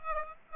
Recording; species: mosquito wingbeat signal from an infrared sensor; Aedes aegypti